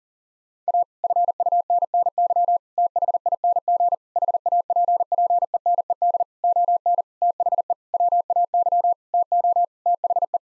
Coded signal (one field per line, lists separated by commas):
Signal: Morse code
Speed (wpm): 40 wpm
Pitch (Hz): 700 Hz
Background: none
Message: A FUNNY THING HAPPENED ON THE WAY TO THE